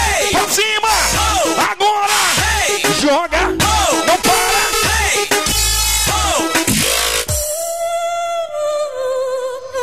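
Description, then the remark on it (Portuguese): A concert crowd at the Festival da GO in Boa Vista, 21 July 2018, yells and whoops as the performer calls for hands up and shouting, over pounding music with heavy bass, many voices rising and falling at once, before the shouting thins near the end into a few sustained cries. “Põe a mãozinha pra cima e grita.”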